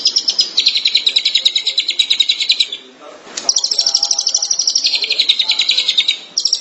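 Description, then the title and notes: Shrike giving long bursts of rapid, shrill chattering, broken by a brief pause and a click before resuming at full pace. Dated March 2017. "Pentet 201703. Suara burung pentet"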